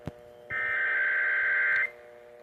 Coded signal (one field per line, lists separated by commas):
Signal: Emergency Alert System (SAME) tones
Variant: header bursts